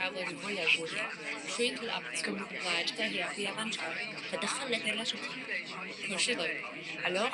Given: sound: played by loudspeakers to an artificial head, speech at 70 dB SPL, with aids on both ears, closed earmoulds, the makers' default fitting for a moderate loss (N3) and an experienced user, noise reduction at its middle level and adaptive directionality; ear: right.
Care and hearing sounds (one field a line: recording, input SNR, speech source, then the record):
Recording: speech test signal (ISTS) in cocktail-party noise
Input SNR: -6 dB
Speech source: in front (0 degrees)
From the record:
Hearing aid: class 2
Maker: I